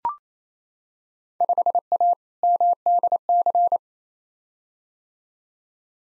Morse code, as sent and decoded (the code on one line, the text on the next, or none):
..... .- / -- -.. -.-.
5A MDC